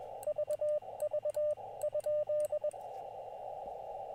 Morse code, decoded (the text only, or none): VV?